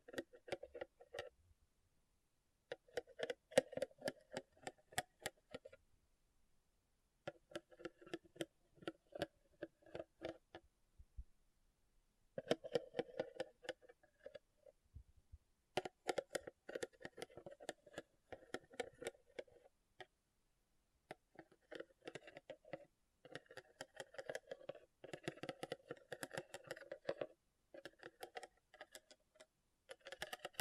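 Rhinestones are tapped and scratched in quick bursts of sharp, bright clicks that run a few seconds at a time, separated by short silences. The ticking is dense and uneven, with a glittery edge and a fuller middle, and grows busier toward the end.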